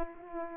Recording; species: mosquito wingbeat signal from an infrared sensor; Aedes aegypti